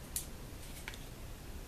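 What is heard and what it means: A plastic retaining clip is pressed back into the shell of an Apple Magic Mouse wireless mouse while it is being reassembled during a fix for gestures not working. Two short, sharp snaps are heard at 0.2 s and 0.9 s against a low, steady background hiss. The clip snaps in and is seated.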